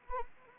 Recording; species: mosquito wingbeat signal from an infrared sensor; Anopheles arabiensis